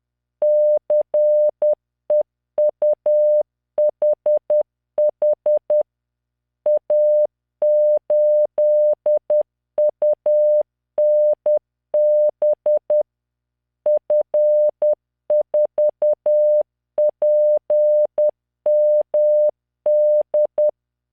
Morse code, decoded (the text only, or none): CEUHH A8UNB F4PMD